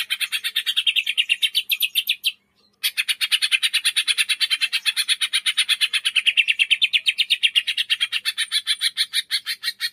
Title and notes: Masteran & Pancingan Cucak Ijo Gacor. Burung Cucak Ijo